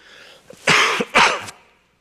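Two harsh, forceful coughs in quick succession from an adult, picked up close by a microphone strapped to the face.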